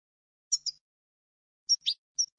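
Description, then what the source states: European goldfinch song: a few short, high, bright twittering notes in small groups separated by pauses, against an otherwise silent background. Clean goldfinch song for song training by copying.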